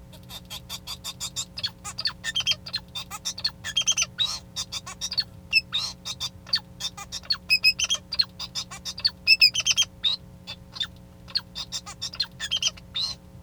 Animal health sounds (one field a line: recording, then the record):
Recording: song of a male Bengalese finch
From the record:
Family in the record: son of father 2